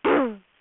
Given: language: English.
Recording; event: throat vibration sensor signal played as sound; throat clearing